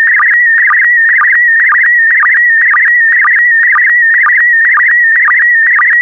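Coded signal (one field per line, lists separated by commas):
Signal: SSTV (slow-scan television)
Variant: PD120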